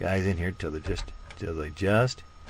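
A man talks while U-shaped metal radio removal tools are slid into the slots on the side of a car stereo head unit in the dash, meant to catch on its retaining tabs. His voice fills the clip over faint handling noise. Nothing has latched or clicked yet.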